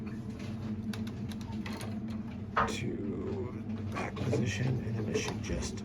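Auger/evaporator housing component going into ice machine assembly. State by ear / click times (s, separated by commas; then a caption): not seated / none. During reassembly of a Follett 15 series ice machine after full disassembly for cleaning, an auger/evaporator housing component is rotated back into the correct position before being pushed down to lock into place, with light handling knocks over a steady low hum while someone talks. Nothing has seated or clicked yet.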